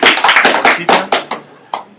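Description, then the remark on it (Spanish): A short burst of applause from a few people in a comic shop, clapping for a young man, with quick overlapping claps that thin out to scattered single claps and fade after about a second and a half, with no voices. “Un aplauso para el joven, sí.”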